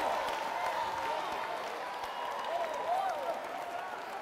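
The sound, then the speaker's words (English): An audience at a worship service applauds to give God a hand, in a steady, dense wash of clapping that holds at an even loudness throughout, with faint voices and brief rising whoops woven through the crowd noise. “Come on, give God a hand.”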